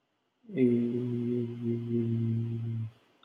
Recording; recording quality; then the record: sustained vowel as in made; excellent, no background noise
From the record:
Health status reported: healthy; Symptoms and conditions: none ticked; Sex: male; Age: 34 years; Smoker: not ticked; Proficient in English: yes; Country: India